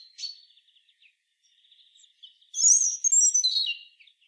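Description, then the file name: European robin song: soft, thin ticking notes at first, then a loud, bright burst of high warbling and descending whistles. "Erithacus rubecula"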